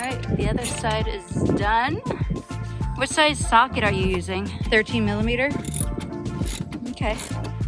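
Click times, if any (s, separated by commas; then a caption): none. A LoMax tonneau bed cover part is being fitted onto the bed of a Ford 350 dually pickup truck while someone talks and music plays throughout. A few short sharp handling sounds occur near the end, but nothing has seated or clicked into place yet.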